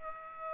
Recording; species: mosquito wingbeat signal from an infrared sensor; Aedes aegypti